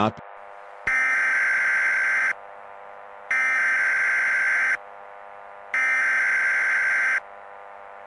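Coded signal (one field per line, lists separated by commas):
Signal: Emergency Alert System (SAME) tones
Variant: header bursts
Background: speech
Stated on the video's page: Fictional EAS scenario.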